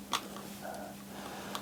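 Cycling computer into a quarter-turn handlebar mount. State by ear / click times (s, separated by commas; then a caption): not seated / none. A cycling computer's quarter-turn tab is twisted against a different brand's handlebar mount, a Garmin unit tried in a Brighton S510 mount, but it will not go in or lock because the mounts are just different enough not to fit. Only faint knocks are heard at about 0.2 s and 1.6 s over a low steady hum. Nothing has seated or clicked.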